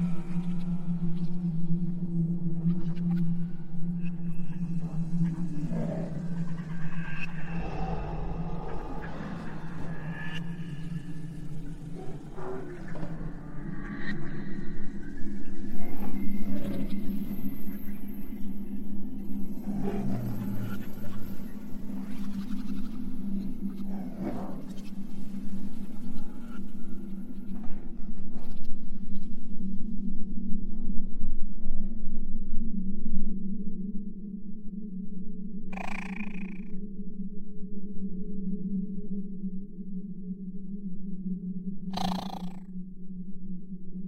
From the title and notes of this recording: Alien planet | Exoplanet Ambience.